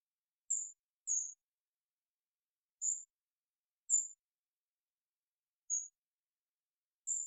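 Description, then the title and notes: Golden-crowned kinglet giving a few very high, thin notes, spread irregularly through otherwise silence. Calls recorded in the Pacific Northwest, Washington, United States; parabolic single-species recording, processed for clarity with natural pace and rhythm kept. "GoldenCrowned Kinglet Calls. Golden-crowned Kinglet, Regulus satrapa, calls. Recorded in the beautiful Pacific Northwest in Washington, Unister States"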